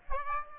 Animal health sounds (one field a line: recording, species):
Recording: mosquito wingbeat signal from an infrared sensor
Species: Aedes aegypti